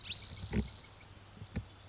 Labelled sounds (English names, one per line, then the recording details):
Spotted Towhee
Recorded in Sonoma County, California